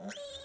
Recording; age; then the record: pig call; piglet (1 to 25 days)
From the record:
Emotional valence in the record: negative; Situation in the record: long isolation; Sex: male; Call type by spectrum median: low-frequency call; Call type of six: mixed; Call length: 0.45 s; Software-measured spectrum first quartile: 542 Hz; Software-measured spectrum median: 2326 Hz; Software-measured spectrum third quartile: 6118 Hz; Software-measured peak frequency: 571 Hz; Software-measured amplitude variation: 84 dB a second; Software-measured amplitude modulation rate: 24.6 a second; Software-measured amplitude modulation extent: 3.4 dB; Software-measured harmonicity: 7.9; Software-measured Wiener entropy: -3.23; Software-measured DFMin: 1031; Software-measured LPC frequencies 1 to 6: 565, 1640, 3271, 3693, 5524, 6244 Hz